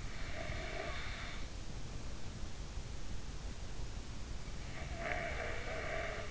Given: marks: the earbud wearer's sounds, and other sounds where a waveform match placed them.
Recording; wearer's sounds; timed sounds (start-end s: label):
sounds in sleep by an in-ear microphone; snoring breath
0.34-2.34 s: snoring breath
4.85-6.31 s: snoring breath